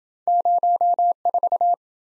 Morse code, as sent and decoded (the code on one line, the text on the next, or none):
----- ....-
04